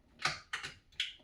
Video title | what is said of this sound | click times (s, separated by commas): Audi A3 radiator install easy PART 2, 2015 to 2020, no bumper / front end removal 8V | There we go. Heard a clip locked into place there. | 1.0 s